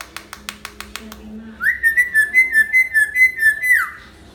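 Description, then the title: Hill myna starts with a quick series of clicks, then holds a long steady whistle that pulses rapidly before dropping away. Actively singing (gacor) hill myna, used as a tutor (masteran) for training other birds. "Suara Burung Beo Gacor Cocok Untuk Masteran"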